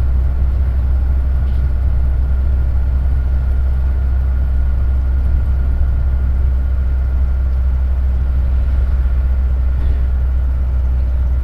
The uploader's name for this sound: Colva beach to Madgaon railway station